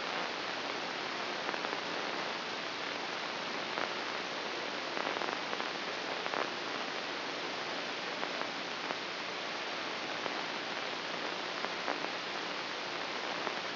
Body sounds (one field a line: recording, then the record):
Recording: brain microelectrode recording played as sound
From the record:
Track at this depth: inside the subthalamic nucleus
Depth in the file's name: 2.126 mm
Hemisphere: right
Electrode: 2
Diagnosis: Parkinson's disease